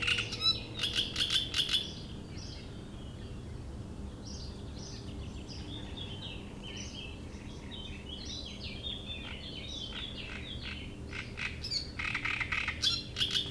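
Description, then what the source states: Great reed warbler giving brief harsh chattering phrases at start and end, with many softer sliding whistles between them. Reed bed at Chatillon beach, Chindrieux, France; shrill song of a migrant from Africa that can sing day and night.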